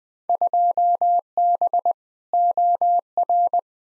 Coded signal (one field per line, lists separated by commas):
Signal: Morse code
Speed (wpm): 20 wpm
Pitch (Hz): 700 Hz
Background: none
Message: 2B OR